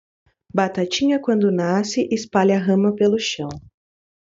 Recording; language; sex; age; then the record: short text; Brazilian Portuguese; female; 20 to 29 years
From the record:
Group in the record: control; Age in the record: 21 years